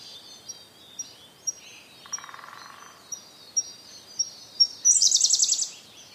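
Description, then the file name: Siberian blue robin song: evenly spaced high ticks building into a loud, fast rattling trill, with a brief low buzz partway through. "koruri"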